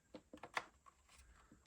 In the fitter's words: like so. You can see now that's all in place, guys. That's all clicked into place,